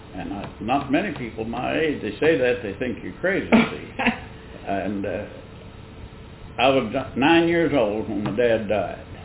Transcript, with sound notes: and I-- not many people my age. They say that they think you're crazy-- -- (Laughter) and I was about nine years old when my dad died,